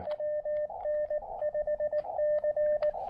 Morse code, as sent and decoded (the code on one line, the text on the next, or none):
.-- -. ..... -.-.
WN5C